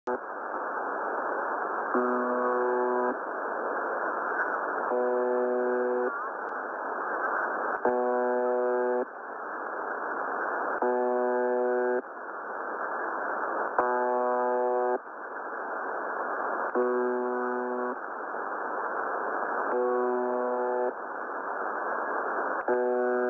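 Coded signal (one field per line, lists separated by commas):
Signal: channel marker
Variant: UVB-76 (The Buzzer)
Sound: eight harsh low buzzes, about one second each, repeating every three seconds over hiss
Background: radio static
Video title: 6998 Khz USB Russian Buzzer,using WebSDR UVB-76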